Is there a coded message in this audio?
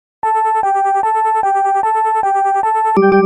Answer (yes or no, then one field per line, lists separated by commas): no